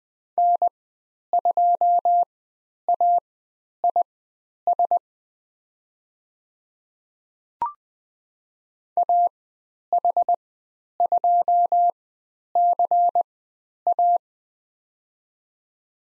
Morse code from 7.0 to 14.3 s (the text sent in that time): AH2CA